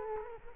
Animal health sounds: mosquito wingbeat signal from an infrared sensor; Culex quinquefasciatus

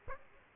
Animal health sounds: mosquito wingbeat signal from an infrared sensor; Aedes aegypti

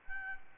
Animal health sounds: mosquito wingbeat signal from an infrared sensor; Aedes albopictus

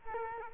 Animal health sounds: mosquito wingbeat signal from an infrared sensor; Culex quinquefasciatus

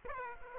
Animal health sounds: mosquito wingbeat signal from an infrared sensor; Aedes aegypti

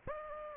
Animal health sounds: mosquito wingbeat signal from an infrared sensor; Aedes aegypti

